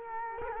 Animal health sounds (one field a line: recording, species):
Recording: mosquito wingbeat signal from an infrared sensor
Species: Culex quinquefasciatus